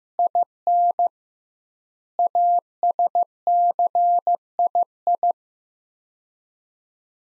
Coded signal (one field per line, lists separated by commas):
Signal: Morse code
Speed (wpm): 15 wpm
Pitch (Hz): 700 Hz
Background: none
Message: IN ASCII